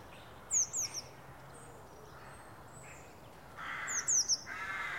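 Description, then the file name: Eurasian blue tit making two short clusters of high, thin, falling notes, one near the start and one near the end, against a background of soft rushing noise. "Cyanistes caeruleus"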